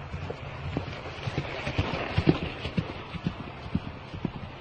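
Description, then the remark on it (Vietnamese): Rapid, uneven hoofbeats of a horse galloping across a field with a rider, a steady run of low thuds over a broad rushing, wind-like noise with no voices. “Thái tử Louis mừng khôn xiết, cảm ơn cụ già, rồi phi ngựa băng qua cánh đồng.”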